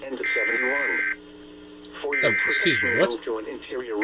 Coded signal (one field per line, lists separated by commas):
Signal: Emergency Alert System (SAME) tones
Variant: header bursts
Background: speech